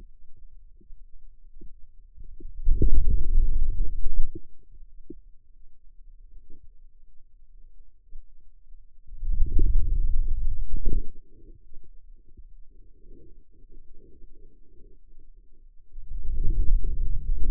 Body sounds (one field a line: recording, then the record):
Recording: forearm muscle sounds (acoustic myography)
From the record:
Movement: wrist flexion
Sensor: system 2, bracelet of six BSWA MPA416 microphones around the upper forearm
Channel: 5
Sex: male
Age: 22 years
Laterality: right